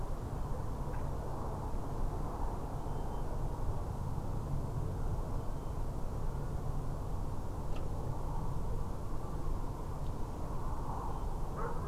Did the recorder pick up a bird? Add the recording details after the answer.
no. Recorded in France